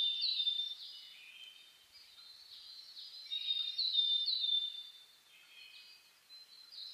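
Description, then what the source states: Birds in a dawn chorus, many high chirps and thin whistles overlapping continuously, swelling louder around the fourth second. Dawn chorus (reimei) birdsong (saezuri), recorded 10 May 2010.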